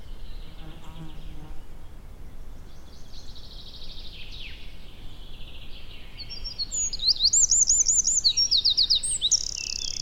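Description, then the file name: Eurasian wren song, starting with softer notes before loud, very high, rapidly repeated trills and shrill rattling phrases in the final seconds, with low background noise throughout. "Troglodytes troglodytes"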